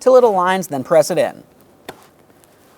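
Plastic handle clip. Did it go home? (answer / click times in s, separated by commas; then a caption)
yes / 1.9 s. Someone talks as a new hood release handle on a 2013-2020 Ford Fusion is turned to line it up and then pressed into its mounting hole in the vehicle body. A sharp click at 1.9 s, with a few faint ticks after it, marks the handle seating. The handle is then tugged to check that it is secured.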